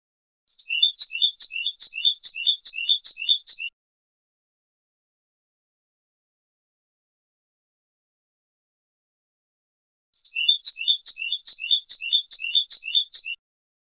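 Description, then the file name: European goldfinch singing two bursts of quick, tinkling, descending twitters, each about three seconds long, separated by a long silence. "suara burung chardonneret atau goldfinch eropa om kicau"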